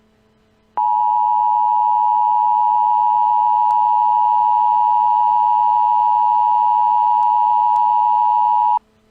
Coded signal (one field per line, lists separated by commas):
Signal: Emergency Alert System (SAME) tones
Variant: 853 and 960 Hz attention tone